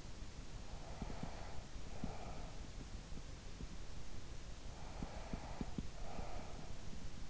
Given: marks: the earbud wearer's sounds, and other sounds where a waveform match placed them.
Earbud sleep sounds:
sounds in sleep by an in-ear microphone; breath
0.43-3.40 s: breath
4.38-7.29 s: breath

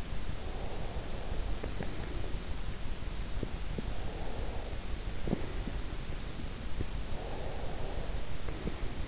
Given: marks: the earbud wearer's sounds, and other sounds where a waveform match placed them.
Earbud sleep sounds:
sounds in sleep by an in-ear microphone; breath
0.33-2.59 s: breath
7.17-9.08 s: breath

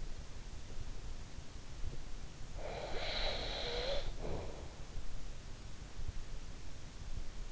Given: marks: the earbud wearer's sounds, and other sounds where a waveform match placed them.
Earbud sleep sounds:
sounds in sleep by an in-ear microphone; breath
2.54-4.78 s: breath

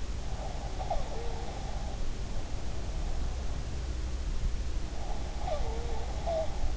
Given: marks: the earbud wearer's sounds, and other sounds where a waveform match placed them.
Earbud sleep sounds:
sounds in sleep by an in-ear microphone; breath
0.23-2.10 s: breath
4.90-6.77 s: breath

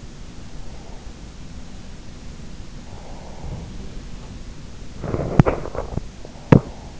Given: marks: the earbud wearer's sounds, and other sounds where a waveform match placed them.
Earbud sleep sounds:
sounds in sleep by an in-ear microphone; breath, body movement
0.45-2.17 s: breath
2.83-4.34 s: breath
4.82-6.99 s: body movement

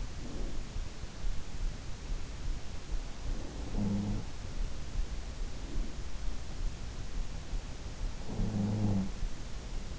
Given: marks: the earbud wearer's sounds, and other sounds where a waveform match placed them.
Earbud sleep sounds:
sounds in sleep by an in-ear microphone; breath, snoring breath
0.00-0.92 s: breath
3.39-4.52 s: sound from someone else or the room
5.47-6.34 s: breath
8.31-9.48 s: snoring breath

